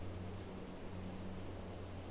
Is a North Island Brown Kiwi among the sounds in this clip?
no